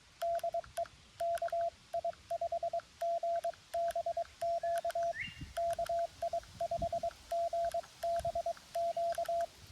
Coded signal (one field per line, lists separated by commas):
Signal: Morse code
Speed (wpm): 23 wpm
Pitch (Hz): 680 Hz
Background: radio noise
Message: DE KI5GBQ KI5GBQ